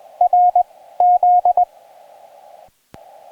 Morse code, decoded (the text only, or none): R Z